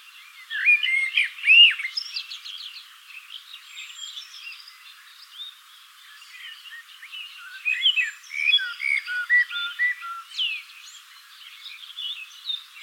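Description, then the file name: Eurasian blackbird calling: loud warbled, rising-and-falling notes early on, then a busy scatter of shorter chirps and twitters through the rest. "Turdus merula"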